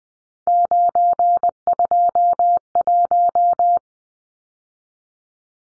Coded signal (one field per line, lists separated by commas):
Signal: Morse code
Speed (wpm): 20 wpm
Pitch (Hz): 700 Hz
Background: none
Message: 921